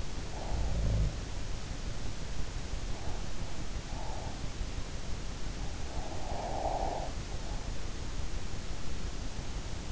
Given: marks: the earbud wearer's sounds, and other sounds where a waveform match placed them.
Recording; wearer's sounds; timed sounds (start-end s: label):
sounds in sleep by an in-ear microphone; breath
0.00-1.03 s: breath
0.40-1.40 s: sound from someone else or the room
2.77-4.59 s: breath
5.99-8.00 s: breath